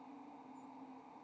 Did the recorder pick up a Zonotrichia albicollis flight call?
yes